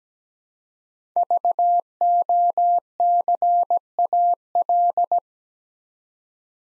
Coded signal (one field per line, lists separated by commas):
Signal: Morse code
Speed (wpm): 17 wpm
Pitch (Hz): 700 Hz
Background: none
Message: VOCAL